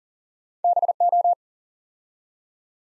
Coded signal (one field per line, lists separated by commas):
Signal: Morse code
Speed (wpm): 38 wpm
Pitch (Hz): 700 Hz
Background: none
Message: BO